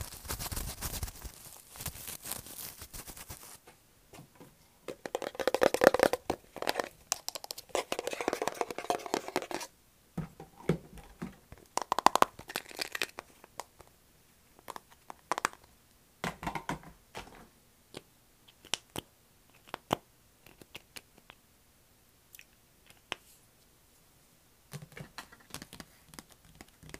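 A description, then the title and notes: Pop-it fidget toy being pressed, with a dense flurry of quick crinkly pops and clicks over the first ten seconds. After that the pops come in short, scattered bursts separated by silence. 𝑜𝑛𝑒 ℎ𝑜𝑢𝑟 𝑜𝑓 𝐴𝑆𝑀𝑅 - 𝑛𝑜 𝑡𝑎𝑙𝑘𝑖𝑛𝑔. ᴘᴏᴘ ɪᴛ sᴏᴜɴᴅs.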